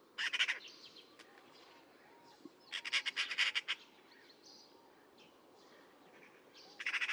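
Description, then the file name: Eurasian magpie chattering in three harsh, rapid rattling bursts, each about a second or less, with quiet background between them and faint higher calls from other birds. "Pica pica"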